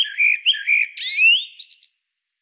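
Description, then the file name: Common blackbird song: rich, mellow whistled notes rising into a slurred phrase, closing with three quick high squeaky notes. "Turdus merula"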